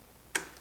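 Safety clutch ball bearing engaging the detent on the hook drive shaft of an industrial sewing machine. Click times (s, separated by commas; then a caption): 0.4 s. The hand wheel of a Consew 206RB industrial sewing machine is turned with the release button pressed until the safety clutch's ball bearing drops into the detent hole on the hook drive shaft. A single sharp metal click sounds at 0.4 s, and the safety clutch is re-engaged and seated.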